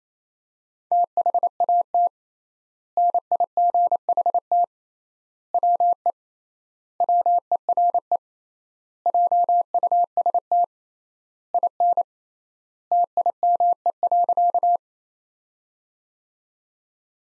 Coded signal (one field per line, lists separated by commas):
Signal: Morse code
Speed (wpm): 28 wpm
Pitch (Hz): 700 Hz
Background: none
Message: THAT NIGHT WE WERE JUST IN TIME.